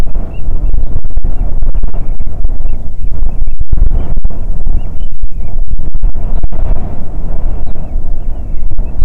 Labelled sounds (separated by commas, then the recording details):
bird, wind
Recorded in the Arctic National Wildlife Refuge, Alaska, on 9 July 2019 at 22:41
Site 48